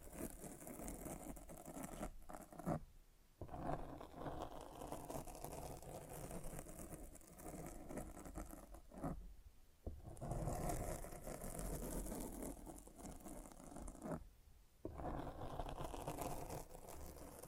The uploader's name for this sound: Mic Scratching